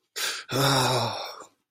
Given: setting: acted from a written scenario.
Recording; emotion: vocal sound without words; distress